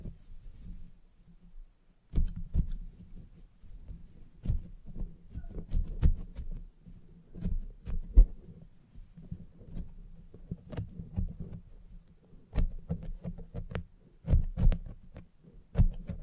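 A salon haircut with scissors and clippers, heard as a steady low hum under frequent short, sharp snips and clicks. The snips come in quick clusters after the first two seconds, some bright and crisp, others dull taps, with brief pauses between bursts.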